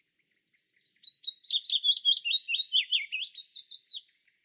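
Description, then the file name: Willow warbler delivering a soft, melodious strophe of slurred notes that opens high, drifts downward through the middle and ends with a few lilting phrases. "peter boesman. fitis zang"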